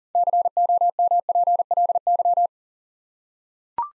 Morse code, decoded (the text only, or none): COMPLY